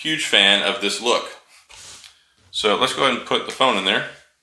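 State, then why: Not seated. Someone talks while getting ready to put a phone into an Incipio Holden Esquire Series case for the S10, a thin TPU and fabric case with a fray-resistant woven nylon back and matte black sides. During a pause in the talking there is quiet handling noise with a brief sharp sound at about 2.1 s, then the talking resumes. The phone has not snapped into the case yet, and nothing has seated or clicked.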